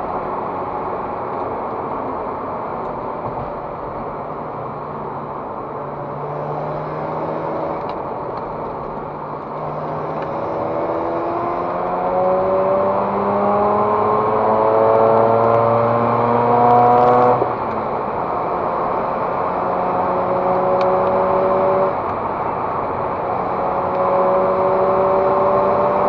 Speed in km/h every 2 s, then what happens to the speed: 91, 81, 65, 68, 77, 85, 105, 112, 122, 122, 126, 126, 128.
0-5 brakes to 65. 5-26 speeds up to 128.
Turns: none.